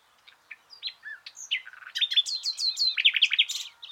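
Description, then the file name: Common nightingale song building from soft scattered notes into a loud, fast run of varied chirps and liquid whistles. "Luscinia megarhynchos"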